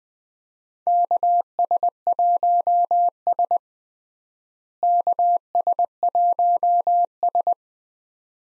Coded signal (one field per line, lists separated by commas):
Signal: Morse code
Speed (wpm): 20 wpm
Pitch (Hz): 700 Hz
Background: none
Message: KS1S KS1S